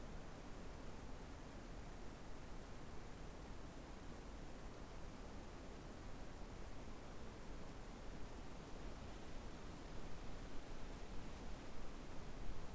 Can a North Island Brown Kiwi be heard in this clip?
no